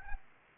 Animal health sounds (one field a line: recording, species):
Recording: mosquito wingbeat signal from an infrared sensor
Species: Anopheles arabiensis